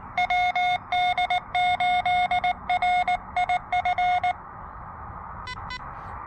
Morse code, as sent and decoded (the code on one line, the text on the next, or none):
.-- -.. ---.. .-. .. ..-.
WD8RIF